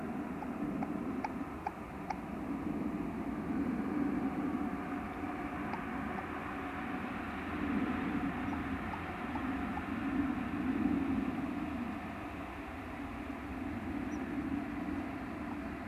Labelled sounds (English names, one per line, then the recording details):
Common Moorhen call
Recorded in the wild
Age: adult
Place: Auweiher Wört, Baden-Württemberg, DE
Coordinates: 49.0394, 10.2489
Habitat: Weiher
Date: 1972-04-13
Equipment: Uher Report 4200, Scotch-Classic 19cm, AKG D190C in Doppelparabolreflektoren
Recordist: Krey, Winfried
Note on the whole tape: Balzrufe